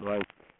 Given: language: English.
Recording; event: throat vibration sensor signal played as sound; speech